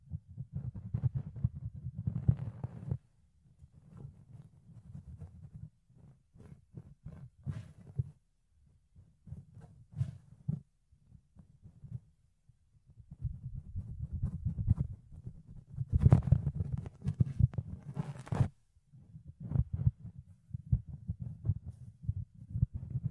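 Fluffy ear cleaning: soft, muffled rubbing and scratching concentrated in a low, thick rumble, coming in bursts with brief pauses. Around the middle and near sixteen seconds, sharper crackling scrapes cut through brightly before the dull brushing resumes.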